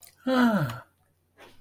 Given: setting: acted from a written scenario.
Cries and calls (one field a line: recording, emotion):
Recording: vocal sound without words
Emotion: adoration